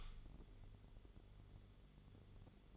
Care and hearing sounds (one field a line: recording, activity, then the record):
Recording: daily activity, microphone in the room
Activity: light on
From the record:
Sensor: 4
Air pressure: 1008.6 hPa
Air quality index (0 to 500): 90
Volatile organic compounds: 1 ppm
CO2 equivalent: 682 ppm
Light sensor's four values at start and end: 13/30/12/12 and 14/32/13/13